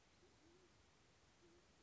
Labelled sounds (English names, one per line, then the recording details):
Band-tailed Pigeon
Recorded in Sonoma County, California